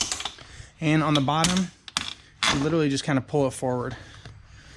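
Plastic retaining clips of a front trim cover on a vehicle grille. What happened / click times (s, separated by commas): Plastic trim clips click free / 0.0 s, 0.1 s, 0.3 s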